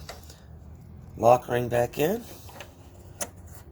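Someone talks while handling the plastic locking ring that goes back over the new headlamp bulb in the headlamp assembly of a 2004 Ford Ranger, to be turned clockwise to lock the bulb in. Faint handling ticks come near 0.1, 0.3 and 2.6 seconds. The ring has not clicked into place yet, so nothing has seated.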